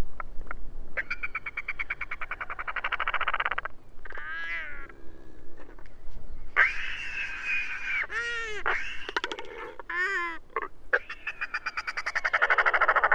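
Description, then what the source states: Royal albatross calls: repeated buzzy rattling bursts alternating with rising-and-falling braying moans, with clicks between phrases. Several royal albatrosses singing.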